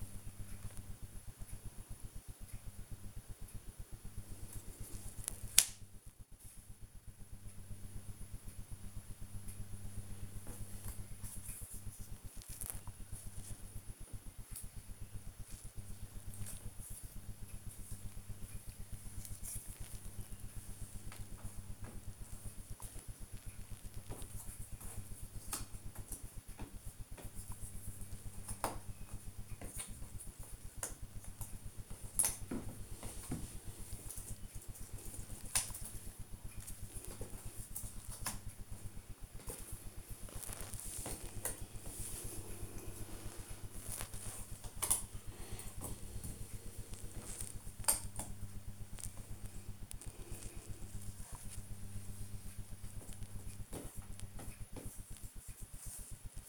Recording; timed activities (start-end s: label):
household activities, microphone on the right wrist
0.00-36.37 s: doing a puzzle
39.39-56.49 s: doing a puzzle